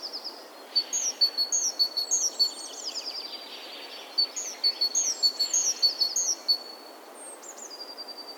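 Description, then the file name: Great tit singing two bouts of repeated two-note phrases, sharp and ringing, separated by a short pause. "Parus major"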